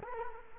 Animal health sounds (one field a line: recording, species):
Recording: mosquito wingbeat signal from an infrared sensor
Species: Culex quinquefasciatus